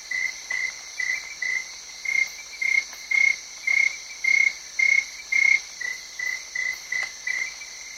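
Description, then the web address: Cricket chirps pulse about twice a second against a continuous high-pitched insect drone, with occasional sharp raindrop taps. Crickets with rain on big leaves, just south of Yaoundé, Cameroon. "BBC Africa Cameroon. atmosphere with crickets tree frogs and rain on big leaves just south of yaounde"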